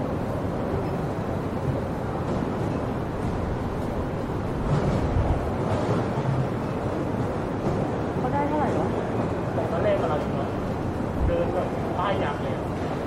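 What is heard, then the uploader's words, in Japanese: Street noise around Sydney's Town Hall: a dense, steady wash of traffic rumble and overlapping voices that never drops out. Indistinct chatter rises and falls throughout, with a few clearer voices and brief higher sounds standing out around the middle and near the end. シドニー市内 Townhall の騒音。そのメインストリートのGeorge street にて行き交う人々を眺めながらゆっくり過ごします。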